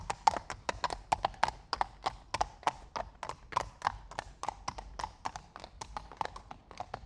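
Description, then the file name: Horse hoofbeats clopping at a walking pace on a hard stony surface, many steps in an uneven rhythm. Two horses walking slowly past on cobblestones. "Het stapvoets voorbijlopen van twee paarden op kasseien"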